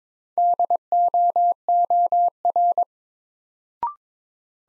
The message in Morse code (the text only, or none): DOOR